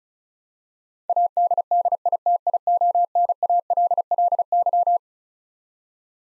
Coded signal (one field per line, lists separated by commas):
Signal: Morse code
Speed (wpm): 36 wpm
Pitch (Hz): 700 Hz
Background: none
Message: ADDITIONALLY